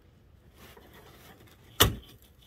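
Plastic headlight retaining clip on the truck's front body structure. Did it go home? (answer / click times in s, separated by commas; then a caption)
released / 2.2 s, 2.4 s. Reaching behind the front tire to the rear of a truck's headlight assembly, a plastic headlight retaining clip on the front body structure is pushed upward until it releases. Over a faint low background, a sharp broadband snap rises, with the clip clicking open at 2.2 s and 2.4 s. The clip is released and the back end of the headlight assembly is undone.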